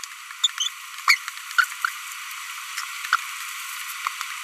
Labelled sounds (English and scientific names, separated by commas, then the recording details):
Green-rumped Parrotlet (Forpus passerinus) babbling
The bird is a female
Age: 25 days
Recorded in a nest box in Venezuela
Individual 17B42B1